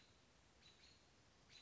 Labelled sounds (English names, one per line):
American Robin